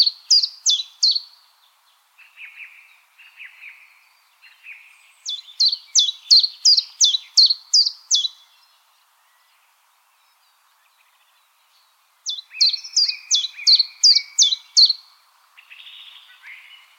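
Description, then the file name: Common chiffchaff repeating three strophes of rhythmic, high chiff-chaff notes, with soft lower twitters after the first and a silent gap before the last. "Golosa ptic - Penochka-tenkovka Phylloscopus collybita"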